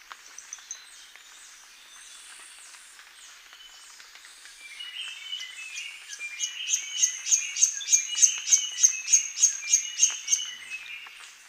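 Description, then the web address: Scaly-throated foliage-gleaner giving a rapid, even series of sharp high notes, about three per second, emerging from a busy background. Recorded in Ecuador. "Birds of Ecuador. Scaly-throated Foliage-gleaner"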